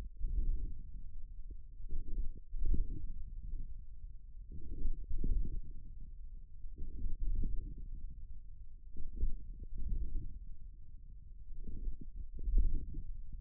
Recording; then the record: forearm muscle sounds (acoustic myography)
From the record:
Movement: wrist flexion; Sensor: system 1, eight BSWA MPA416 microphones around the upper forearm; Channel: 8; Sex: male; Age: 41 years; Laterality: right